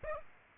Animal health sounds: mosquito wingbeat signal from an infrared sensor; Aedes aegypti

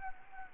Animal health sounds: mosquito wingbeat signal from an infrared sensor; Anopheles gambiae

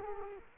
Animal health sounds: mosquito wingbeat signal from an infrared sensor; Culex quinquefasciatus

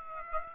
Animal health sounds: mosquito wingbeat signal from an infrared sensor; Aedes aegypti

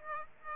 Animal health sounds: mosquito wingbeat signal from an infrared sensor; Aedes aegypti

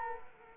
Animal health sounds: mosquito wingbeat signal from an infrared sensor; Culex quinquefasciatus

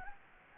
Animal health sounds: mosquito wingbeat signal from an infrared sensor; Anopheles gambiae

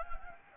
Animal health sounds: mosquito wingbeat signal from an infrared sensor; Anopheles gambiae

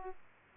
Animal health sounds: mosquito wingbeat signal from an infrared sensor; Aedes aegypti

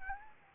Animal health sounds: mosquito wingbeat signal from an infrared sensor; Anopheles gambiae

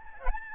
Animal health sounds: mosquito wingbeat signal from an infrared sensor; Aedes albopictus

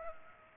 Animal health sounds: mosquito wingbeat signal from an infrared sensor; Culex pipiens

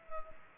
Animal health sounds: mosquito wingbeat signal from an infrared sensor; Culex pipiens

